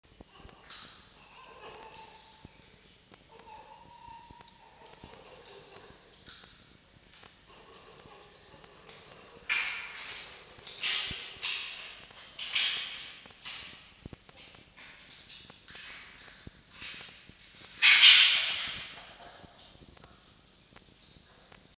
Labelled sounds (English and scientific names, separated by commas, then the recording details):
Red Fox (Vulpes vulpes)
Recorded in captivity
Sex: female
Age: juvenile
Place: Zoologisches Institut der HUB, Berlin, DE
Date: 1953-05-27 18:35
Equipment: Elmetra
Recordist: Tembrock, Günter
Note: Molly: Stoß-Keckern gegen Jupp (Futterverteidigung, als Jupp Fleisch bringt)